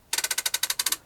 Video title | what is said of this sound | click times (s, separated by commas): Kintripper Mileo mp4 NEW ONE DRIVE | obviously then if you want to bring the handbrake back on you don't need to push the button on it's just like a standard handbrake you hear it click | 0.5 s, 0.6 s, 0.8 s, 0.9 s